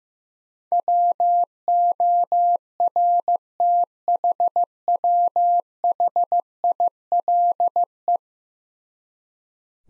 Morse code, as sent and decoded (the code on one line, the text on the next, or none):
.-- --- .-. - .... .-- .... .. .-.. .
WORTHWHILE